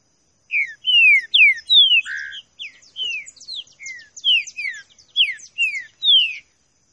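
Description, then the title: Green-winged saltator song: rapid loud whistled notes, each falling in pitch, backed by a scatter of fainter high twitters. Classic song style (canto clássico), used for training. "Canto Clássico Trinca Ferro TREINAMENTO"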